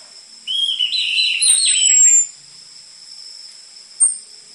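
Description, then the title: Orange-headed thrush giving one short burst of warbled notes ending in a high falling whistle, then near silence over a steady high ringing hum. Prolific orange-headed thrush song on a lure recording for training cage birds, with dense filler material suited for tutoring spotted Trotol orange-headed thrushes. "PANCINGAN Anis Merah Gacor Materi Isian Rapat Cocok Untuk MASTERAN Anis Merah TROTOL"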